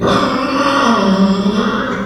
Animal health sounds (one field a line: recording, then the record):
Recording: squeal of a Yucatan mini pig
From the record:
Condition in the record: after surgery on the right vocal fold (resection and tissue-engineered implant)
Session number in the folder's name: 15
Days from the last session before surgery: 175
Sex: female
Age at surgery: 19 weeks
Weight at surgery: 25 kg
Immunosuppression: prednisolone